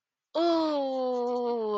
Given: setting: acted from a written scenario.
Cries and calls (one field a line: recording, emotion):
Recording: vocal sound without words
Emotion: pain